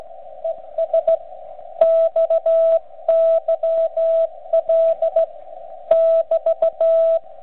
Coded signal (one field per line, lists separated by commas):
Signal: Morse code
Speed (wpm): 16 wpm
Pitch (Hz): 660 Hz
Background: none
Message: ES XYL <BT>